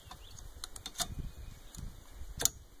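A new wiper blade is laid over the wiper arm and pulled up until its plastic clip snaps onto the metal hook of the arm. A few faint ticks and low rustling lead up to a sharp, bright snap at 2.4 seconds. The blade is seated firmly on the arm.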